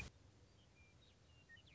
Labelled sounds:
Western Meadowlark (Sturnella neglecta)
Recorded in Sonoma County, California

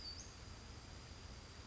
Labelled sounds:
Western Flycatcher (Empidonax difficilis)
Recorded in Sonoma County, California

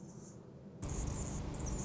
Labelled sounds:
Anna's Hummingbird (Calypte anna)
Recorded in Sonoma County, California

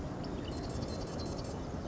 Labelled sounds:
Marsh Wren (Cistothorus palustris)
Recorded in Sonoma County, California

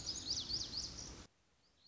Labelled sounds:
Lazuli Bunting (Passerina amoena)
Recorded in Sonoma County, California

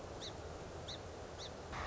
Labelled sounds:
Song Sparrow (Melospiza melodia)
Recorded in Sonoma County, California

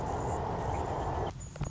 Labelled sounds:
Anna's Hummingbird (Calypte anna)
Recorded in Sonoma County, California

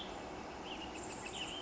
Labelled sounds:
Western Tanager (Piranga ludoviciana)
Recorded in Sonoma County, California

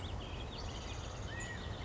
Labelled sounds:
California Quail (Callipepla californica)
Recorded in Sonoma County, California

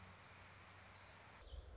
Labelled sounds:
Orange-crowned Warbler (Leiothlypis celata)
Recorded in Sonoma County, California

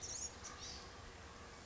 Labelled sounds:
Blue-gray Gnatcatcher (Polioptila caerulea)
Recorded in Sonoma County, California

